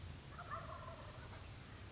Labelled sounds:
Wild Turkey
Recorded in Sonoma County, California

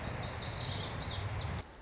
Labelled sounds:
Lazuli Bunting
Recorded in Sonoma County, California

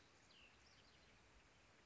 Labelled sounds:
Cassin's Vireo
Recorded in Sonoma County, California

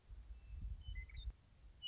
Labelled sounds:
Western Meadowlark
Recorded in Sonoma County, California

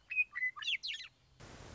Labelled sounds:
Western Meadowlark
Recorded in Sonoma County, California

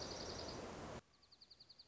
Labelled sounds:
Dark-eyed Junco
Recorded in Sonoma County, California

